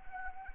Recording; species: mosquito wingbeat signal from an infrared sensor; Anopheles arabiensis